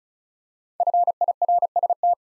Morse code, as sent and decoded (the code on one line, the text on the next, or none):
..-. .. .-. ... -
FIRST